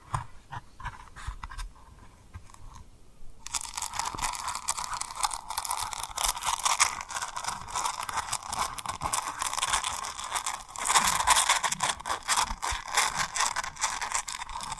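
Tapping and rubbing on rhinestones makes dense crackly scratching that starts softly, then turns louder and brighter after three seconds, with sharp clicks throughout.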